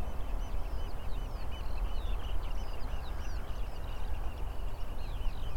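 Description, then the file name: Eurasian oystercatchers piping, a dense chatter of shrill, sharply inflected notes from several birds running throughout, over a steady low rumble of wind or engine noise. Several oystercatchers at Rye Harbour river mouth, recorded 9 May 2022. "220509 Rye Harbour river mouth Oystercatchers"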